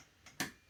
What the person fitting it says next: there we go there's the click